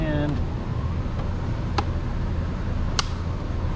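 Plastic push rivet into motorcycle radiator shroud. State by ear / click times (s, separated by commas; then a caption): seated / 1.8 s, 3.0 s. A plastic push rivet is pressed into the radiator shroud cover of a 2022 Aprilia Tuareg motorcycle before the bolts go in. Someone talks briefly over a steady low hum, and sharp snaps at 1.8 s and 3.0 s mark the rivet seating.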